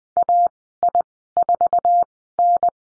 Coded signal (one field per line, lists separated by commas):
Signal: Morse code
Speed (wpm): 20 wpm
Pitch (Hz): 700 Hz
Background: none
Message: AI4N